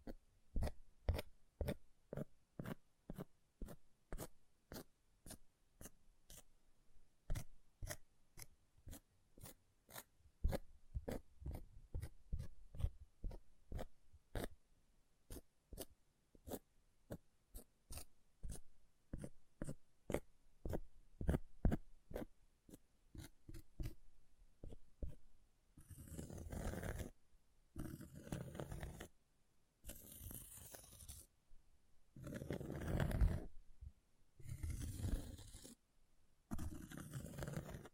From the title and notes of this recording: ASMR Brain Melting Object Scratching (No Talking).